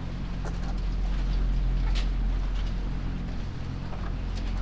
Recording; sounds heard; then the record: poultry house recording; sick chickens (respiratory disease)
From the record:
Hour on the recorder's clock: 1